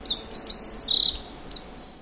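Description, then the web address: Bird calls: a quick series of high, thin chirps and short whistled notes, with a brief rapid trill in the middle, over a faint background hiss. "Sound Effects-Foundation 1 BIRD 05 CALL 02"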